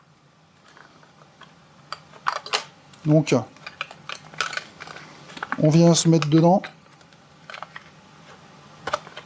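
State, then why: Seated. A wiring connector for a heated cup holder is plugged into the vehicle harness of a Tesla Model 3/Y, with scattered plastic handling taps and rustles while someone talks. It clicks into place at 8.9 s with a pair of sharp snaps, and the connector is seated.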